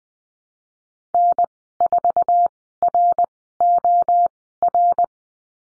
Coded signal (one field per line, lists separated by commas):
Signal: Morse code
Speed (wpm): 20 wpm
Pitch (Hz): 700 Hz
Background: none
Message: N4ROR